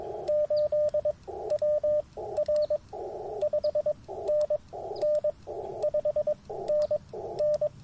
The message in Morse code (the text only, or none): 8WR 5NN 5NN